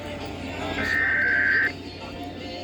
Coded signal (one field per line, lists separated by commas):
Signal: Emergency Alert System (SAME) tones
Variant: header bursts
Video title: EAS/NWR Alert or message #1332-1337: 2023 National Periodic Test (2023 National EAS Test)